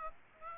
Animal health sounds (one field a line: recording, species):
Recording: mosquito wingbeat signal from an infrared sensor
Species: Aedes aegypti